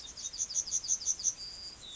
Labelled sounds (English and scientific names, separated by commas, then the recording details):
Yellowhammer (Emberiza citrinella) song
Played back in grassland
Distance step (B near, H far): E
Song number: 171